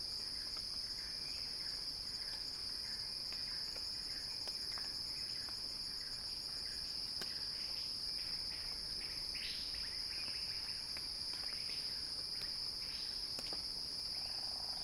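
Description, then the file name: Cicada song: a steady, piercing high-pitched drone held without a break, with scattered faint chirps and brief clicks underneath. Recording titled a cicada crescendo. "earth-fm Axel-Drioli Cicada-Crescendo-Sounding-Wild"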